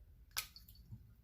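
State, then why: Seated. A plastic cap is pressed onto a perfume bottle over the atomizer and snaps into place with a sharp, bright click at 0.4 s, followed by a couple of faint ticks as it settles. The cap is seated securely.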